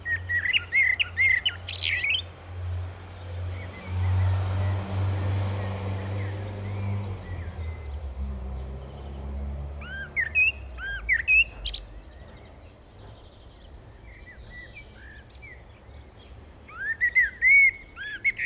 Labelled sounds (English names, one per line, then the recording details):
Common Blackbird song
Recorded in the wild
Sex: male
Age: adult
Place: Bielefeld-Mitte, Nordrhein-Westfalen, DE
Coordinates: 52.0083, 8.54833
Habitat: residential district
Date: 1971-06-26
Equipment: Uher 4000 Report-S, Bändchenmikro Beyer M 260, Parabolspiegel Polyester (470 mm)
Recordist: Conrads, Klaus